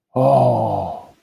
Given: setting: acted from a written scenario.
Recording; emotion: vocal sound without words; realization